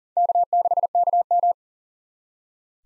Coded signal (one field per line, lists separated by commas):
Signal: Morse code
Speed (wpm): 39 wpm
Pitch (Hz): 700 Hz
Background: none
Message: K6KM